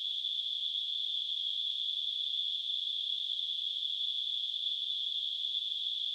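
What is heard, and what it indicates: A steady, unbroken high-pitched ringing hiss holds for the full six seconds with no rhythm or pauses, centered on a narrow shrill band around 3–4 kHz. It is a simulation of tinnitus, the phantom ringing or hissing some people hear in their ears.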